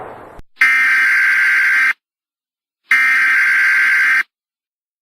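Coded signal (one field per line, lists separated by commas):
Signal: Emergency Alert System (SAME) tones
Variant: header bursts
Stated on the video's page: Fictional EAS scenario; the alert is simulated, not a real broadcast.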